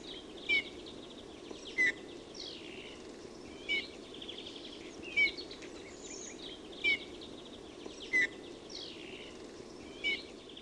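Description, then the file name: Eurasian bullfinch calls: soft, short, slightly falling piped whistles, seven in all, spaced roughly every one to two seconds, with other birds chirping higher behind. "PUNATULKKU"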